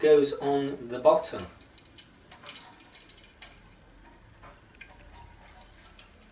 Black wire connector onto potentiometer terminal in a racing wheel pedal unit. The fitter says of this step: that on until it clicks like that now